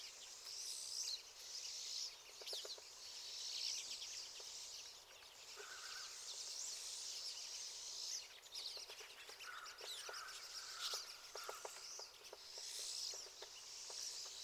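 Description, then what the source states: Pine siskins chatter continuously in a dense high twittering flock, with a brief lower tone and scattered sharp clicks. Several pine siskins.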